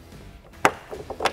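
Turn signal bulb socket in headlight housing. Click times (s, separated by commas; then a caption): 0.6 s. The turn signal bulb socket on a 2020+ Ford Super Duty is twisted out of the back of the factory headlight housing, releasing with a sharp click at 0.7 s. Fainter plastic rubbing and lighter knocks follow, including one at 1.1 s and another around 1.25 s, as the socket comes free.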